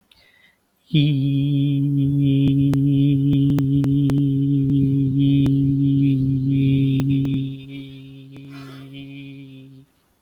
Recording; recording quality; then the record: sustained vowel as in beet; excellent, no background noise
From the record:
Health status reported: COVID-19 positive, moderate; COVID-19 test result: positive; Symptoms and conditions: breathing difficulty, fever, fatigue, muscle pain, loss of smell and taste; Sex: male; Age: 27 years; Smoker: not ticked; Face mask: not worn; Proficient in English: yes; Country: India